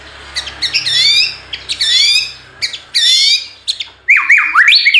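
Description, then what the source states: White-rumped shama: songbird giving a few harsh chattering notes with upslurred whistles, then a quick run of clear falling and rising whistles at the end. Full rolling ('ngerol') and 'nembak' style song for training (masteran).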